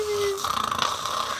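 A brief falling whistle, then a fluttering lip buzz: an adult's playful, cartoon-style imitation of a snore, the kind called a Disney Pixar snore.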